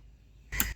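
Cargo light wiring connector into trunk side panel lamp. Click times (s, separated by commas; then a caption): 0.6 s. On a Kia Sportage, the cargo light wiring connector is pushed back into the lamp socket on the trunk side panel before the panel is refitted, after freeing a stuck fuel door. Against a quiet low hum, a single sharp click comes at 0.6 s inside a brief burst of bright noise from about 0.5 to 0.74 s. The connector is seated.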